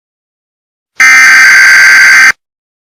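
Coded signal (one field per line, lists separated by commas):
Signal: Emergency Alert System (SAME) tones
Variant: header bursts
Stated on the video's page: Fictional EAS tones in an animated film, stated to be valid tones.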